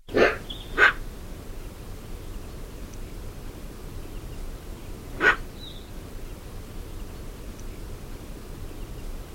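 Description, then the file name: Eurasian magpie giving harsh, rasping single calls, two close together at the start and one more several seconds later, over steady low background noise. "Pica pica"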